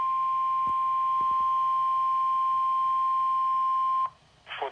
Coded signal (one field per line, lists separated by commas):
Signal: Emergency Alert System (SAME) tones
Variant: 1050 Hz attention tone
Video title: [EAS #229] TS Isaias | Flood Warning (KWO35)